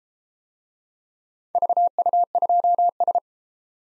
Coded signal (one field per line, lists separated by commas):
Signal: Morse code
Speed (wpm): 32 wpm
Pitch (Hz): 700 Hz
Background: none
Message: VU2S